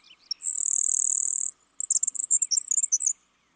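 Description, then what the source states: Grasshopper Sparrow song: a few faint ticks, then a very high, thin, insect-like buzz lasting about a second, followed by a jumbled, sputtering run of high notes. Buzzy song, easily mistaken for an insect.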